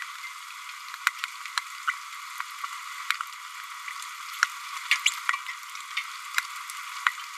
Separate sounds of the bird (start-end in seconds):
1.86-1.93, 5.05-5.11, 5.28-5.33, 7.06-7.11